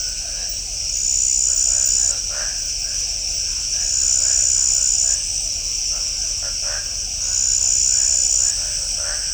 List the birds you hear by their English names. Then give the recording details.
none. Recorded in shrubland near Pivijay, Magdalena, Colombia, on 3 June 2023 at 00:00. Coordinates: 10.453, -74.365. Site P5-G022